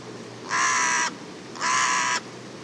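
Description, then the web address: Bird calling with two loud, rasping caws about a second apart, each lasting around half a second, against low background noise. "cianscape. Deverinetal 2025. Bird Only"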